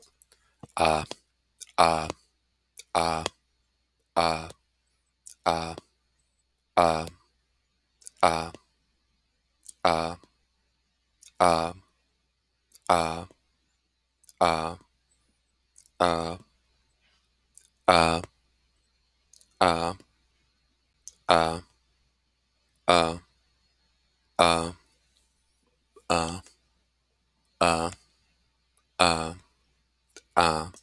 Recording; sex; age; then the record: vowel held as long as possible; male; 30 to 39 years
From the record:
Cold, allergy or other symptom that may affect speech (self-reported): no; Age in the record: 38 years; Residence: South Dakota, United States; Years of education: 16